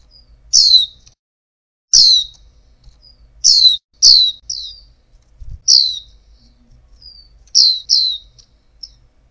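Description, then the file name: Oriental white-eye producing loud, high, falling chirps in rapid pairs and singles, with faint thin notes between and a few soft clicks in the background. Female bird. "pleci betina"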